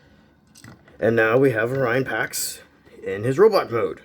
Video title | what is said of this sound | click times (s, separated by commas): Transformers Generations Deluxe Orion Pax: transforming review | will eventually click into place | 0.6 s